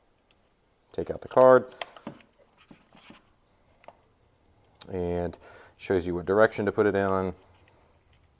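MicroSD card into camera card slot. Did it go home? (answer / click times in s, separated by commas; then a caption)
no / none. A microSD card is handled at the card slot of a Sionyx Aurora Pro digital night-vision camera while someone talks, with a few faint, short handling taps between the words. The card has not yet gone into the slot, and nothing has seated or clicked by the end of the clip.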